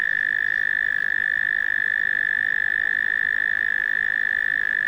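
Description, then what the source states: Cricket giving an unbroken, even trill that holds steady throughout without any pause. Australian insects.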